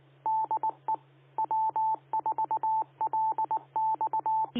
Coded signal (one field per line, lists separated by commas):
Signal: Morse code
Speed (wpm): 19 wpm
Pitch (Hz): 880 Hz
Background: radio noise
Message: DE W4LX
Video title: 🔴LIVE Florida's Amateur Radio Repeaters Using QueCast, Never Miss a Thing!